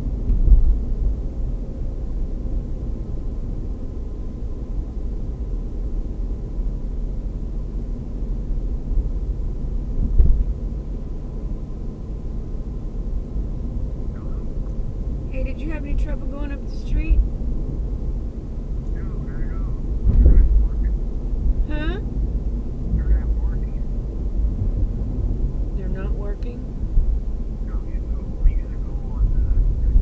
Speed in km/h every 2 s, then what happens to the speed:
48, 47, 45, 45, 47, 47, 48, 48, 50, 52, 53, 55, 53, 48, 45.
0-6 steady at about 45. 6-22 speeds up to 55. 22-30 slows to 45.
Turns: none.